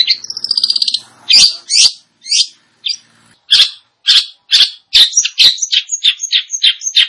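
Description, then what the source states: Long-tailed shrike song: a short rattling trill, then harsh buzzy notes about twice a second, ending in a quicker run of varied chirps. Described as gacor, singing actively and profusely.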